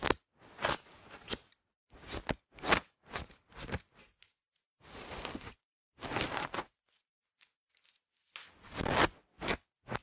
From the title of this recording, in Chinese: 姐姐给你的小耳朵理个发